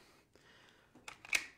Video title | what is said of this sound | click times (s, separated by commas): Coffin Catacombs 11/25/2020 | Bingo locked into place | 1.4 s